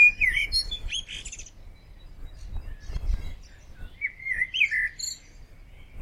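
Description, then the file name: Common blackbird song: two warbled phrases of fluted whistles mixed with high twitters, separated by a quiet gap, over a soft low rumble. "Turdus merula"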